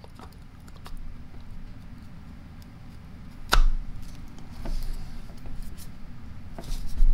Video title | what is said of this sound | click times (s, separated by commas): Ingersoll-Rand 2131 1/2"-Drive Air Impact Repair & Rebuild | that just slides up and it should just lock into place now if i did it right | 3.5 s